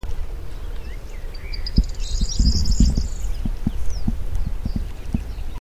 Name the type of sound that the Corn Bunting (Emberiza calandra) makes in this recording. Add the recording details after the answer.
song. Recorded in the wild. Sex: male. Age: adult. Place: Hobrechtsfelder Rieselfelder, Naturpark Barnim, Berlin, DE. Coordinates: 52.6681, 13.4714. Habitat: lake. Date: 2012-04-25 20:10. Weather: 10°C, sunny, weak winds. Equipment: Sound Devices 702, Sennheiser MKH 415 T, Rhode Windschutz. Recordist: Frommolt, Karl-Heinz. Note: Rieselbecken in Hobrechtsfelder Rieselfeldern